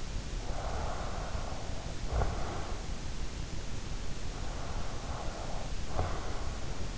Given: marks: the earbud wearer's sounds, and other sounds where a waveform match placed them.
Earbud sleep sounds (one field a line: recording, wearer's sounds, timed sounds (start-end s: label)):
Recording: sounds in sleep by an in-ear microphone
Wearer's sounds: snoring breath, breath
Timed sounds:
0.46-2.87 s: snoring breath
4.14-6.66 s: breath